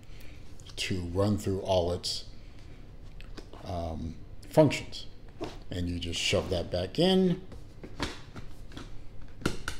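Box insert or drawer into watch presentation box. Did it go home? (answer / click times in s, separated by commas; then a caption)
yes / 9.5 s, 9.7 s. Someone talks while pushing an insert or drawer back into the presentation box of an Omega Speedmaster X33 Regatta ETNZ Edition watch. Two sharp clicks at 9.5 s and 9.7 s mark the part seating in place.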